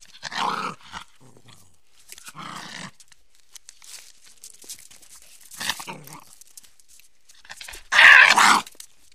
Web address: maltese